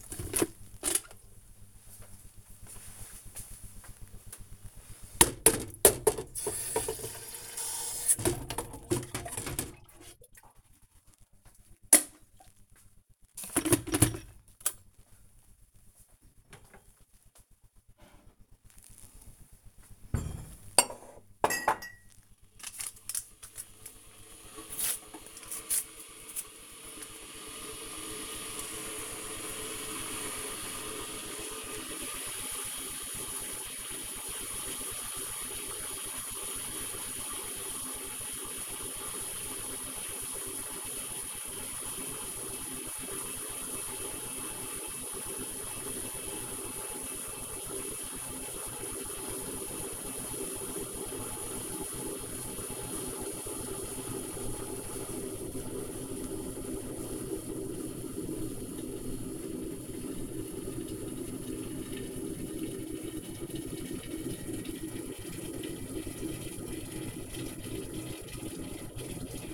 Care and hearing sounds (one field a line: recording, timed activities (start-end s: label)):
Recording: household activities, microphone on the right wrist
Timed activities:
0.00-69.54 s: making tea